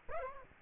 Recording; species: mosquito wingbeat signal from an infrared sensor; Aedes aegypti